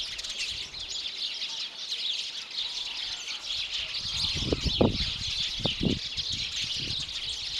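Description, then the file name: House sparrows chirping continuously as a busy high chorus, with several short low knocks and thumps toward the end. "Passer domesticus"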